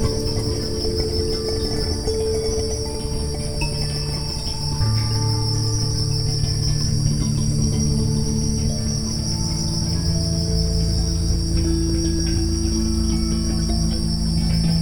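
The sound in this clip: Crickets chirping in a steady, shimmering high trill that never pauses, over soft sustained musical tones and low hum.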